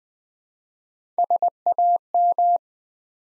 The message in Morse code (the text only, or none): SAM